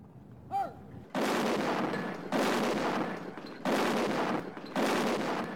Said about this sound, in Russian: И тут тимиуки выстрелили сразу из всех катапульт.